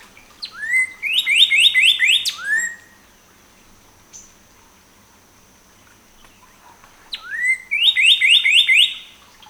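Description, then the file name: Northern cardinal giving two song phrases several seconds apart, each a downslurred whistle leading into a fast, repeated series of sharp whistled notes. Seven songs recorded on 14 April 2018. "2018-04-14 NOCA-7 Songs"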